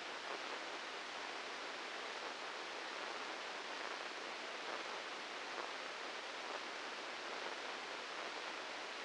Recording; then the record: brain microelectrode recording played as sound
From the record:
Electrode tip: inside the subthalamic nucleus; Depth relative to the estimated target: -3 mm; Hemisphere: right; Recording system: NeuroSet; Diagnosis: Parkinson's disease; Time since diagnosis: 8 years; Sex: male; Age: 59 years